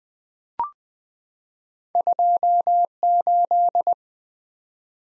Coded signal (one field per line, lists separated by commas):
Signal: Morse code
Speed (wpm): 20 wpm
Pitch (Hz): 700 Hz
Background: none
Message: 28